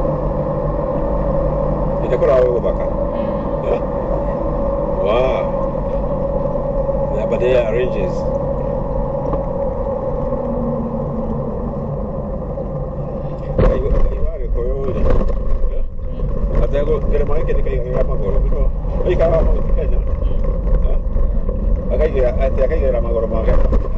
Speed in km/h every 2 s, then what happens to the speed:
63, 62, 63, 60, 58, 49, 36, 27, 28, 33, 38, 39.
0-14 slows to 27. 14-24 speeds up to 39.